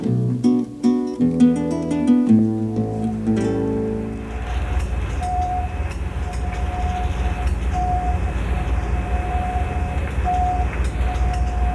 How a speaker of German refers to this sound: So klingt das Sonargerät eines Großkutters. Er dampft westlich von Skagen in der Nordsee. Wie auf einem Radarschirm kreist der Suchstrahl und durchleuchtet die Unterwasserwelt.